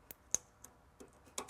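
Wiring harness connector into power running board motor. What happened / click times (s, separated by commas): The wire connector clicked into the motor socket / 0.3 s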